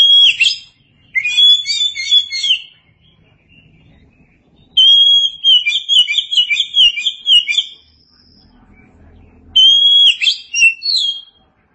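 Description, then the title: Oriental magpie-robin singing several energetic phrases of mixed whistles, slurs and chatter, separated by pauses. Long-duration recording. "Kacer"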